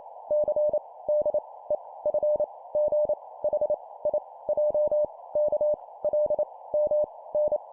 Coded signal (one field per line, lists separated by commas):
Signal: Morse code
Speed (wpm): 28 wpm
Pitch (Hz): 600 Hz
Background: none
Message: C D E F G H I J K L M N